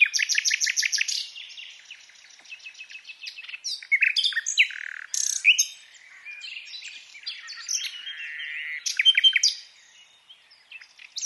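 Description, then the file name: Common nightingale song opening with loud fast repeated notes, followed by varied chattering, clicks and whistled phrases with short gaps. "Luscinia megarhynchos"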